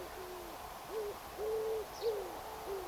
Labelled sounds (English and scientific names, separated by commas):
Tawny Pipit (Anthus campestris), unidentified sound